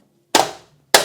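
A plastic front panel is hooked in at the top of a printer body and swung down, snapping home with two loud clicks at 0.4 s and 1.0 s. The first click rings out briefly before fading, and the second is sharper. The front panel is seated and fully locked.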